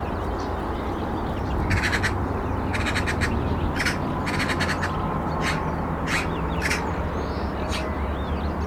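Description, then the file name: Eurasian magpie rattling chatter, several clustered harsh bursts followed by single shorter notes, over loud continuous low background noise. "Pica pica"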